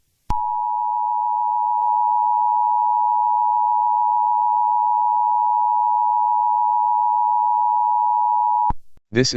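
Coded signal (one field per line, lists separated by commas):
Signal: Emergency Alert System (SAME) tones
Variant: 853 and 960 Hz attention tone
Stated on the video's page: Simulated alert in a fictional scenario about a terrorist biological weapon release.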